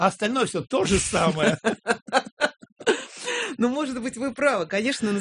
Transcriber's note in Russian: смеется